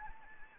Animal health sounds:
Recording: mosquito wingbeat signal from an infrared sensor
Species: Anopheles gambiae

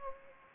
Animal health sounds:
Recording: mosquito wingbeat signal from an infrared sensor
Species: Anopheles gambiae

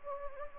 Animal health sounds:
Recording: mosquito wingbeat signal from an infrared sensor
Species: Anopheles gambiae

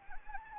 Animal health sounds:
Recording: mosquito wingbeat signal from an infrared sensor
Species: Anopheles gambiae

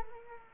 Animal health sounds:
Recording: mosquito wingbeat signal from an infrared sensor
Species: Culex quinquefasciatus

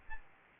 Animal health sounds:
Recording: mosquito wingbeat signal from an infrared sensor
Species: Aedes albopictus

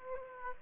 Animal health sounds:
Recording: mosquito wingbeat signal from an infrared sensor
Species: Aedes aegypti

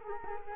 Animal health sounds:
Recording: mosquito wingbeat signal from an infrared sensor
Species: Culex quinquefasciatus

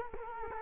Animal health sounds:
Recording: mosquito wingbeat signal from an infrared sensor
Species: Culex quinquefasciatus

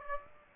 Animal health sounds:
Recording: mosquito wingbeat signal from an infrared sensor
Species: Aedes aegypti

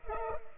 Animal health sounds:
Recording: mosquito wingbeat signal from an infrared sensor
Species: Culex pipiens

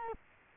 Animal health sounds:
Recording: mosquito wingbeat signal from an infrared sensor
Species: Culex quinquefasciatus

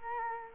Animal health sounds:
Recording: mosquito wingbeat signal from an infrared sensor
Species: Culex quinquefasciatus

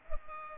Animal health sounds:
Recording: mosquito wingbeat signal from an infrared sensor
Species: Culex pipiens

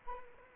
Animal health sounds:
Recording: mosquito wingbeat signal from an infrared sensor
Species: Anopheles arabiensis

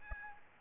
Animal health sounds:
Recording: mosquito wingbeat signal from an infrared sensor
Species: Aedes albopictus

